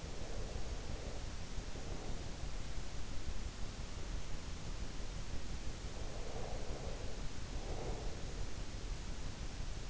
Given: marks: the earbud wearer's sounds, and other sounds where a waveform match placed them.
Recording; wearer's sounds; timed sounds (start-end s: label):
sounds in sleep by an in-ear microphone; breath
0.00-2.54 s: breath
5.74-8.46 s: breath